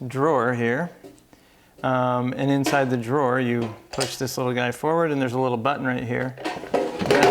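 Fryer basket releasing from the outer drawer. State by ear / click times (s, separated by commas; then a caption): released / 7.1 s. Someone talks while sliding the plastic button guard forward and pressing the release button on a Cosori air fryer drawer. At 7.1 s the metal basket releases from the outer drawer with a sharp pop, separating into two pieces.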